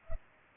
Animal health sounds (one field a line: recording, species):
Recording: mosquito wingbeat signal from an infrared sensor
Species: Culex pipiens